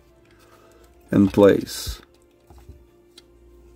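Someone talks briefly while pressing the plastic chest panel of a transforming Transformers and Knight Rider crossover Agent Knight toy robot, trying to get its two back clips to snap into place. Only a few faint small taps follow. Nothing has clicked or seated yet.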